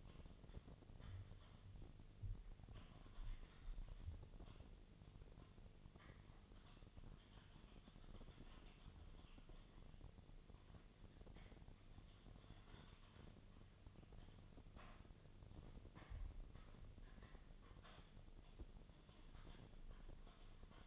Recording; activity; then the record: daily activity, microphone in the room; typing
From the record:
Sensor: 4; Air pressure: 1010.3 hPa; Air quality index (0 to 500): 179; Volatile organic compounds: 5 ppm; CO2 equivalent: 1818 ppm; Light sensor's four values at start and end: 32/95/37/37 and 32/94/37/37